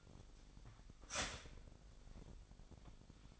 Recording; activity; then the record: daily activity, microphone in the room; start toaster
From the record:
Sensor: 5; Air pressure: 1002.0 hPa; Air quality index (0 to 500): 204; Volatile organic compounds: 18 ppm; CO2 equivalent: 2634 ppm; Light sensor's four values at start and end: 34/109/42/44 and 34/109/42/44